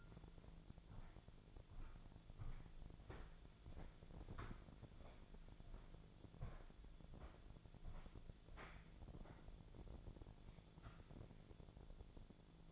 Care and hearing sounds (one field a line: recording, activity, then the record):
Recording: daily activity, microphone in the room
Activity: walk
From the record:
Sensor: 5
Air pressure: 1008.4 hPa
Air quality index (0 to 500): 153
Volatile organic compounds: 3 ppm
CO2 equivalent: 1471 ppm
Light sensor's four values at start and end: 65/180/71/72 and 65/181/71/72